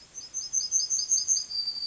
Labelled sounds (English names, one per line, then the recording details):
Yellowhammer song
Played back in grassland
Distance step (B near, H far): C
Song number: 059